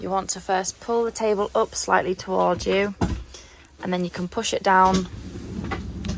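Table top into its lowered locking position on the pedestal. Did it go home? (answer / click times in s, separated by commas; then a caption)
yes / 6.0 s. In a Burstner Lyseo Harmony 680G motorhome, the front lounge table top is pulled slightly forward and then pushed down onto its pedestal to make the bed while someone talks. A sharp hit at 6.1 s marks the table locking into its lowered position.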